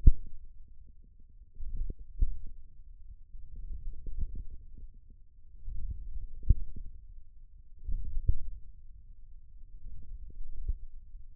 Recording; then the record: forearm muscle sounds (acoustic myography)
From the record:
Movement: ulnar deviation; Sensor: system 1, eight BSWA MPA416 microphones around the upper forearm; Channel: 6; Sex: male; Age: 28 years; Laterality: right